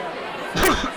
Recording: coughing mixed with background sound